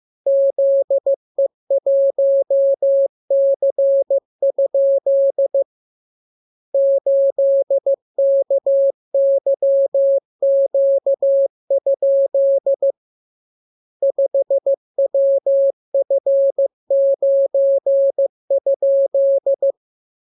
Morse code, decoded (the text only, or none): ZE1C? 8KYQ? 5WF9?